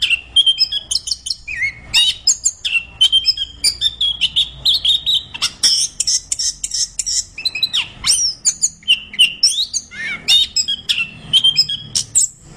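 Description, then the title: Orange-headed thrush in continuous varied song, mixing clear whistles, rapid chattering trills and sweeping slurred notes in fast, unbroken succession. Singing persistently in full voice, described as 'gacor'. "Anis Kembang Gacor"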